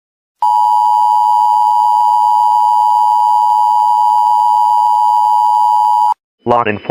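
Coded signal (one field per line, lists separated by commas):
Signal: Emergency Alert System (SAME) tones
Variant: 853 and 960 Hz attention tone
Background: speech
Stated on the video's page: Fictional EAS scenario about an escaped Soviet bioweapon.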